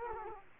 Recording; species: mosquito wingbeat signal from an infrared sensor; Culex quinquefasciatus